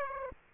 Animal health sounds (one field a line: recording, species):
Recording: mosquito wingbeat signal from an infrared sensor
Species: Aedes aegypti